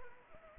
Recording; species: mosquito wingbeat signal from an infrared sensor; Anopheles gambiae